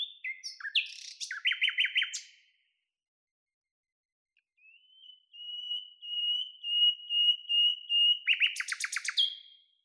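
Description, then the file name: Common nightingale song: a chattering phrase, a pause, then a long pure whistle that swells in volume and breaks into a rapid trill. "Luscinia megarhynchos"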